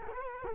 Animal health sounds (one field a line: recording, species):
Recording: mosquito wingbeat signal from an infrared sensor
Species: Culex quinquefasciatus